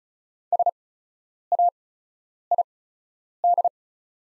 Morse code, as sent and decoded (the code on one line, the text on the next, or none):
... .- .. -..
SAID